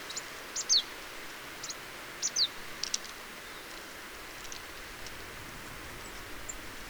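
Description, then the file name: Marsh tit calls: two quick doublets of high, downward-sweeping notes about one and a half seconds apart, then a few fainter notes, with steady hiss behind. "Poecile palustris"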